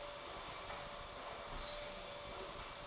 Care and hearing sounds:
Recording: daily activity, microphone in the room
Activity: vacuum cleaning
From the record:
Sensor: 5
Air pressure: 1012.0 hPa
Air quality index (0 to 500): 247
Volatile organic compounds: 5 ppm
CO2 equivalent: 1706 ppm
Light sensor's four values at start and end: 36/84/34/35 and 36/84/34/35

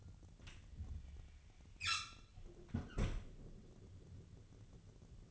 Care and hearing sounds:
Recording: daily activity, microphone in the room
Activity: close fridge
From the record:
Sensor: 4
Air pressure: 1000.9 hPa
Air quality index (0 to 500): 128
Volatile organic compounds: 1 ppm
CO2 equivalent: 957 ppm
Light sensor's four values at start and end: 28/66/28/30 and 30/73/30/33

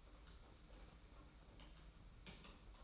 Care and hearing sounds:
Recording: daily activity, microphone in the room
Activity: typing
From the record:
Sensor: 1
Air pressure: 991.7 hPa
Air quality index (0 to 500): 173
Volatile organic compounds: 1000 ppm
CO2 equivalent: 6550 ppm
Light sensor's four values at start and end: 29/100/38/39 and 29/100/38/39

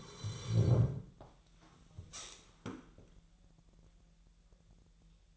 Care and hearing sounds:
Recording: daily activity, microphone in the room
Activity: sit down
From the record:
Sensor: 3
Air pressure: 1001.8 hPa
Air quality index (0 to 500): 248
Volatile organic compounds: 134 ppm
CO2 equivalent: 3946 ppm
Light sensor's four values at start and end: 11/25/11/11 and 10/23/10/10

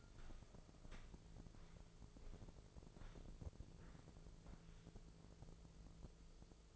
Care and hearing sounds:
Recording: daily activity, microphone in the room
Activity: walk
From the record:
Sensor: 5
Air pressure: 1005.6 hPa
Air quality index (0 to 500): 88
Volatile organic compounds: 2 ppm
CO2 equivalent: 1069 ppm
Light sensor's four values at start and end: 33/76/30/28 and 33/76/30/28

